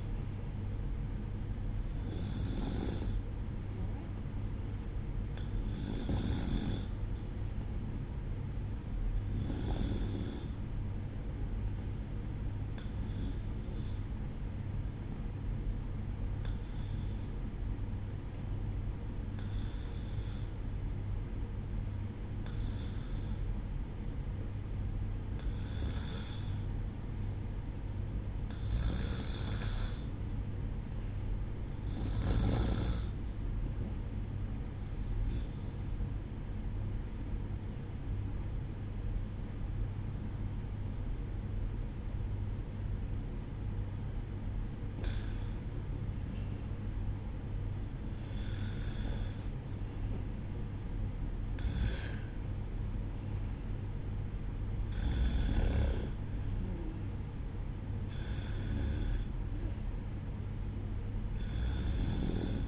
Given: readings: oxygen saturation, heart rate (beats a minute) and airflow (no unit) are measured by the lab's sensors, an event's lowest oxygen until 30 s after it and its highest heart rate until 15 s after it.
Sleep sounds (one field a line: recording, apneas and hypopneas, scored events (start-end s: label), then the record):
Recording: breathing in sleep by a smartphone at the bedside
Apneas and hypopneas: 1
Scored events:
14.00-42.70 s: hypopnea (N1, oxygen 95% highest, then 93% lowest, heart rate 61 at the start, 64 highest)
29.00-62.68 s: new sleep stage, REM sleep
From the record:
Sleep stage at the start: N1 (lightest sleep)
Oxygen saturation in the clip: 93 to 95%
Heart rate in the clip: 60 to 64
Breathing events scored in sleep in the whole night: 305 in 9.6 hours asleep